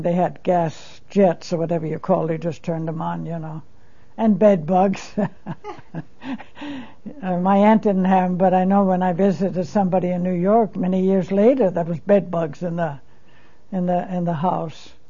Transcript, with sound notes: They had gas jets, or whatever you call it, just turned them on, you know. And bedbugs. ( she laughs ) My aunt didn't have them, but I know when I visited somebody in New York many years later there was bedbugs in the – in the – the house.